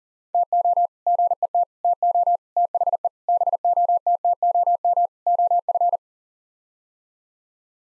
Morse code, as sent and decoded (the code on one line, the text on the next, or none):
- --- / --. . - / - --- / - .... . / -... --- - - --- -- / --- ..-.
TO GET TO THE BOTTOM OF